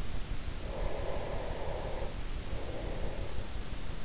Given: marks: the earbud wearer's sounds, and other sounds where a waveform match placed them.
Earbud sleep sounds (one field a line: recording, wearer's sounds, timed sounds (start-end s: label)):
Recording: sounds in sleep by an in-ear microphone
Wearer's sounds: breath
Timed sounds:
0.51-3.65 s: breath